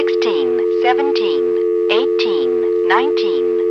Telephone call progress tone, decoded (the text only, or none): dial tone